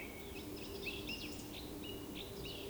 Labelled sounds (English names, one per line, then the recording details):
Eurasian Woodcock whistle
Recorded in Baden-Württemberg, Germany, on 28 May 2020 at 19:32 UTC
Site 31917, 145 m above sea level